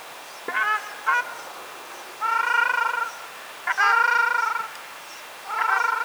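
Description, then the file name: Ruddy shelduck giving nasal, trumpeting honks: two short clipped notes, then longer drawn-out honks in bursts about every one and a half seconds. "ogar golos"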